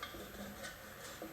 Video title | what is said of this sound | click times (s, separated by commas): Casablanca Intelitouch Mod 1 | nice and straight parallel you just heard it | 0.0 s